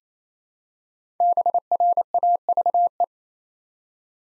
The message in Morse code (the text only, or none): BRAVE